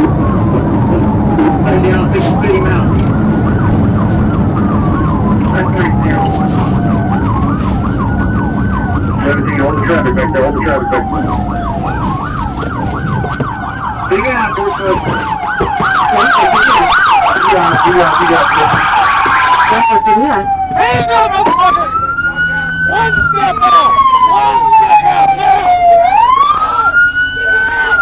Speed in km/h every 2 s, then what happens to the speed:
111, 109, 93, 69, 44, 31, 18, 0, 0, 0, 0, 0, 0, 0.
0-13 brakes to 0. 13-28 standing.